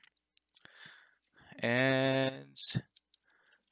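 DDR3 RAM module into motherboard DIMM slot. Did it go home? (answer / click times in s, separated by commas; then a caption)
yes / 0.4 s. A DDR3 RAM module is pushed down into a desktop motherboard DIMM slot, and the retention clips snap shut with a sharp click at 0.4 s, followed by a few faint clicks. Someone talks, and the module is seated.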